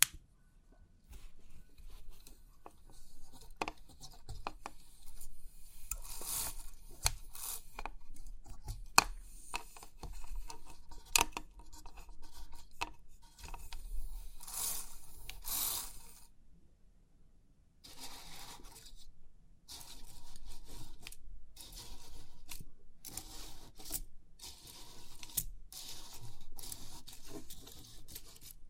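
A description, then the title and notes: Crisp 3D pin art tingles: quick clicking and scratching bursts as the pins are pushed and rubbed, bright and sharp at the top. Activity comes in dense clusters with short quiet gaps, notably around 17–19 seconds, and a low rumble runs underneath. Crisp 3D Pin Art Tingles(No Talking).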